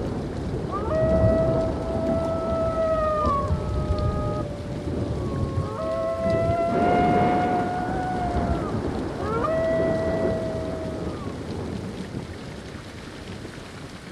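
Heavy rain pours steadily under a low, continuous rumble of thunder. Over it, wolves howl in long, wavering tones, several voices overlapping near the start, a fresh chorus around six seconds and another near ten, fading out before the end.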